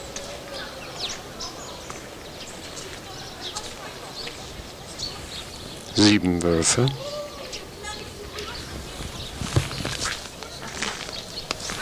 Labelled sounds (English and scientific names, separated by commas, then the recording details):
Gray Wolf (Canis lupus) howling
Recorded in captivity
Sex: group
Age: adult
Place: Zoo Berlin, Berlin, DE
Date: 1986-02-07
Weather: sunny, -10°C
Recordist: Tembrock, Günter